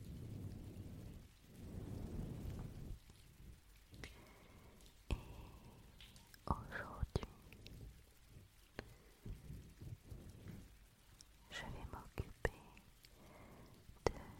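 Rain patters and drips, with a low rumbling wash early on and scattered sharp drops and splashes throughout, louder bursts near twelve seconds.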